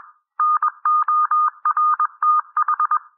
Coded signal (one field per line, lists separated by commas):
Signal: Morse code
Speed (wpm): 21 wpm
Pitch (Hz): 1220 Hz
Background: none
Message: NORTH